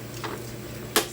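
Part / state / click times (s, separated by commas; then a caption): vent insert into deep fryer lid / seated / 1.0 s. A small plastic vent piece is pressed into the top of a cleaned deep fryer lid. After a faint tap at 0.2 s, a sharp snap at 1.0 s marks the vent seating in place.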